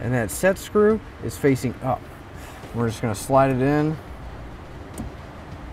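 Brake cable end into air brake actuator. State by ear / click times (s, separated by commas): seated / 5.0 s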